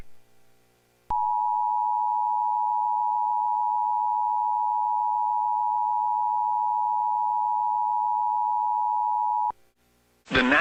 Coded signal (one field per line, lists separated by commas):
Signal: Emergency Alert System (SAME) tones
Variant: 853 and 960 Hz attention tone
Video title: EAS #209 (Severe Thunderstorm Watch)